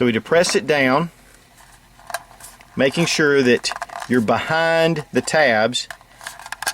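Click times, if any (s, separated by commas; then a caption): 6.6 s. A base plate with spring is pressed down behind the tabs of a metal magazine and slid forward while someone talks. Short metallic clicks sound near the end, and the base plate clicks into place at 6.6 s, seated on the magazine body.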